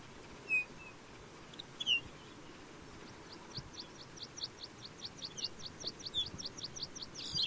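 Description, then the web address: Lapland bunting calls: a few sharp high chirps early, then a long run of quick, thin ticking notes, over steady low background noise. "lapland bunting bird call"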